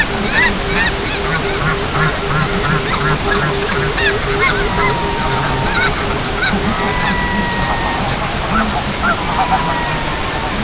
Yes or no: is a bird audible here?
yes